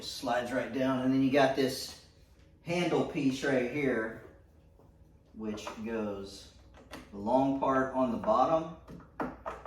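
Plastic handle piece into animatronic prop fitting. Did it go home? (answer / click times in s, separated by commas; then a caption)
yes / 9.2 s. Someone talks while the long bottom part of a plastic handle piece is pushed onto the prop of a Spirit Halloween Mars Attacks Martian Warrior animatronic. A sharp snap is heard at 9.2 s, followed by two fainter clicks at about 9.5 s and 9.7 s. The handle piece snaps into place and is seated.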